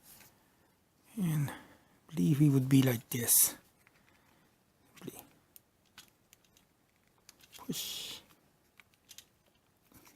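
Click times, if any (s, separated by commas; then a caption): none. Someone talks while pushing a plastic headpiece into place on a PC-20 Perfect Effect Perfect Combiner Black Jinrai transforming combiner robot figure. Only faint, scattered plastic handling ticks and light scrapes follow, with a brief rustle near 7.7 s. The headpiece does not click in; nothing has seated or clicked yet.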